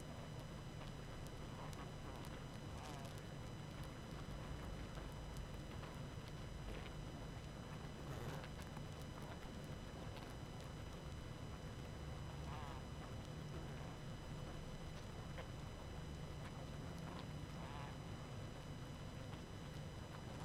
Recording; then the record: honeybee colony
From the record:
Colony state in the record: active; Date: 12 June 2018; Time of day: 20:11